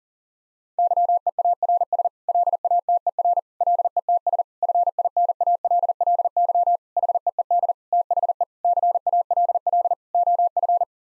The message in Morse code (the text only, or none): YEARS LATER LETS FINALLY HEED THE CALL OF